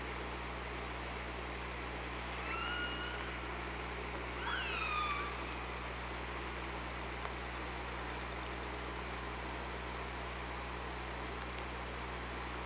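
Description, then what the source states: Killer whale calls: two harmonic tones a couple of seconds apart, the second sweeping downward, set against constant low hum and background hiss. Recorded on an OrcaLab hydrophone on 24 August 2017 at 05:47.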